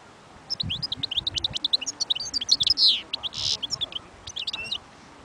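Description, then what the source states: European goldfinch song: a four-second burst of rapid, tinkling twitters and short buzzy notes over a quiet background. Wild bird.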